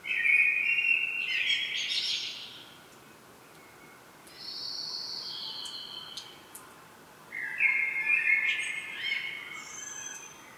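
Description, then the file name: Common blackbird phrases: fluty warbling first, then a softer high whistled strand, then a louder mellow phrase with squeaky trimmings. "Turdus merula"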